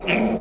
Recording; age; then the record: pig call; piglet (1 to 25 days)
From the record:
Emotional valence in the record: negative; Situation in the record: crushing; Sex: female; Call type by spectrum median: low-frequency call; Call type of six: low-frequency modulated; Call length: 0.41 s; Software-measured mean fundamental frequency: 58 Hz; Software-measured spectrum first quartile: 334 Hz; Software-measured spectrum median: 756 Hz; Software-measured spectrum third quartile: 2295 Hz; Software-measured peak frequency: 215 Hz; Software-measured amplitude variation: 125 dB a second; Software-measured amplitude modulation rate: 18.5 a second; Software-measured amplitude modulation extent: 6.7 dB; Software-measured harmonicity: 3.2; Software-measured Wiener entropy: -2.26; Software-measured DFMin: 1436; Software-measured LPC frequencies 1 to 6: 568, 2416, 5317, 6819, 7683, 9751 Hz